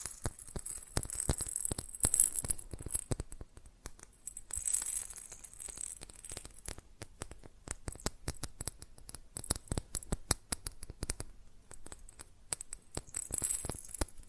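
Rapid tapping on glass and ceramic objects makes a dense run of sharp, bright clicks with a high ringing shimmer. The taps come in fast irregular bursts, heaviest near the start, thinning briefly around eleven seconds before picking up again.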